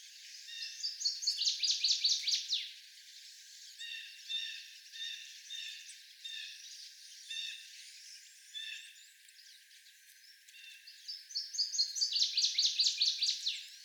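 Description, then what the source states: Northern waterthrush singing a rapid, ringing series of sharp slurred notes, first near the start and again near the end, with softer repeated chip notes from another bird in between. 17 songs of the species.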